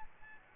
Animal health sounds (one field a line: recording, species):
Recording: mosquito wingbeat signal from an infrared sensor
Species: Aedes albopictus